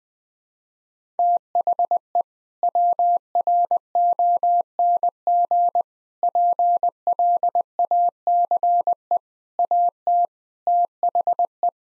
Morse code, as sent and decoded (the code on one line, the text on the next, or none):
- .... . / .-- .-. --- -. --. / .--. .-.. .- -.-. . / .- - / - .... .
THE WRONG PLACE AT THE